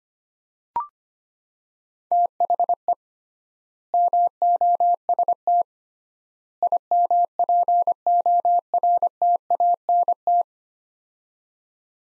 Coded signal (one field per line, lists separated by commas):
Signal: Morse code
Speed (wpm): 25 wpm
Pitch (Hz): 700 Hz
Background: none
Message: THE MOST IMPORTANT